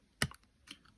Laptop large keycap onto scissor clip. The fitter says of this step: to reattach it you should hear and feel it click into place